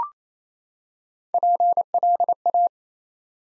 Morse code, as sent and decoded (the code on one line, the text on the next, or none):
.--. .-.. .-
PLA